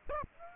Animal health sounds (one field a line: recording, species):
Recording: mosquito wingbeat signal from an infrared sensor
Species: Aedes aegypti